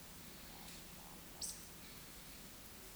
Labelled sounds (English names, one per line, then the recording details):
Eurasian Woodcock whistle
Eurasian Woodcock croak
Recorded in Baden-Württemberg, Germany, on 16 June 2021 at 20:05 UTC
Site 18672, 474 m above sea level